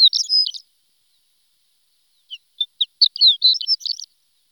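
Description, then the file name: Horned lark song: a short burst of high twittering, a pause, then a few spaced chirps building into a rapid, tinkling jumble of notes. "shore lark"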